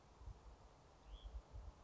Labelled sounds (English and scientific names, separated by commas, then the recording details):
Hutton's Vireo (Vireo huttoni)
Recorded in Sonoma County, California